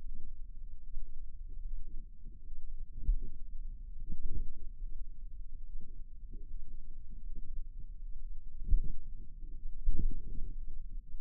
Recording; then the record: forearm muscle sounds (acoustic myography)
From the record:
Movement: finger pinch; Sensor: system 2, bracelet of six BSWA MPA416 microphones around the upper forearm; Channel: 4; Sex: female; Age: 23 years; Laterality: right